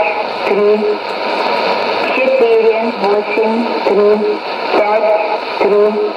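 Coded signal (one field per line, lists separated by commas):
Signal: numbers station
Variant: S06s, Russian language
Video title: 19 05 2017 Numbers station S06s Russian Lady in Russian to Eu 0944 on 9655 unknown tx site in CUSB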